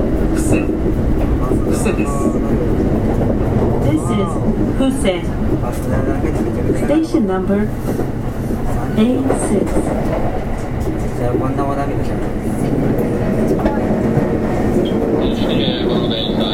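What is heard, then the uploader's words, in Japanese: Steady low rumble inside a moving local commuter train, with passengers talking over it, rising and falling wheel whines, and brief high squeals near the end. 近畿日本鉄道5820系の走行音です。奈良線の各駅停車にて収録しました。区間は、大阪難波から河内小阪までです。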